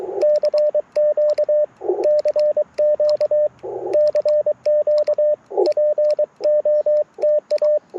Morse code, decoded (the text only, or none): CQ CQ CQ POTA